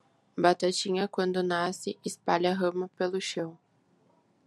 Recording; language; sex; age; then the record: short text; Brazilian Portuguese; female; 20 to 29 years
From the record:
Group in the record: control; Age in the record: 23 years